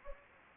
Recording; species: mosquito wingbeat signal from an infrared sensor; Anopheles gambiae